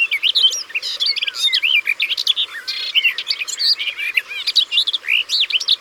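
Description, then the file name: Garden warbler song, a rapid, continuous, mellow warble of tumbling notes with quick rising and falling phrases, barely pausing throughout. Recorded by the water. "Fauvette des jardins Au bord de leau"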